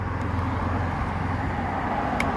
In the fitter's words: you just snap it back in like that but then you got to make sure